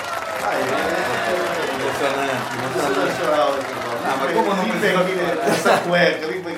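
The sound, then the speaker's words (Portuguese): A live audience of 97 people at the Choro Mosca awards ceremony roars with cheering and overlapping chatter, a dense, steady wash of many voices with louder whoops and a brief surge of excitement near the end. “E temos aqui uma plateia ao vivo hoje, 97 pessoas aqui.”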